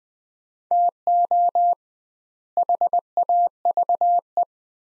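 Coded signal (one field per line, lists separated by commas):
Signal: Morse code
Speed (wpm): 20 wpm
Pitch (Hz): 700 Hz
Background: none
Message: TO HAVE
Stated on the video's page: Morse practice at 20 wpm, sets of three words for head-copy, sent with 2x word spacing, a Farnsworth-like approach applied to words.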